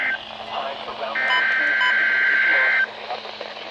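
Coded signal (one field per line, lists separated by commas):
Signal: Emergency Alert System (SAME) tones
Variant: header bursts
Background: speech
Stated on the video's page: Weather radio alerts received on stations KIG86, WWG57 and KJY68, including a 1 AM severe thunderstorm warning and a doubled required weekly test.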